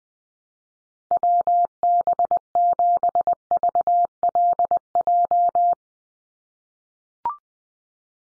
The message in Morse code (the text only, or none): WB7VLJ